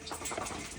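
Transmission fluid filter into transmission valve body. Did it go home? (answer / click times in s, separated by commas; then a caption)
no / none. A transmission fluid filter is being pushed by hand into its seat in the transmission valve body, producing steady, low-level scraping and handling noise with no sharp transients. Nothing has seated or clicked yet.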